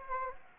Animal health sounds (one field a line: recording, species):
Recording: mosquito wingbeat signal from an infrared sensor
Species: Anopheles gambiae